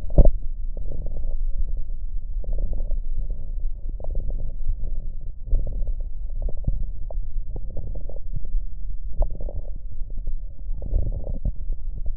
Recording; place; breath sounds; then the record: lung sounds by stethoscope; left posterior lower chest; crackles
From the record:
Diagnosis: heart failure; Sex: male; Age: 56 years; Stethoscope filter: extended mode, 50 to 500 Hz